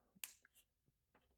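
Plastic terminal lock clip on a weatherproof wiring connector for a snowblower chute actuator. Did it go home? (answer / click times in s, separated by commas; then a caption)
yes / 0.2 s. The plastic locking clip on a female weatherproof wiring connector for a snowblower chute actuator is snapped down by hand after the crimped terminals have been pushed in until they click. A single sharp snap sounds at 0.2 s, followed by a faint tick and a few quieter soft taps. The clip seats shut, giving a good connection.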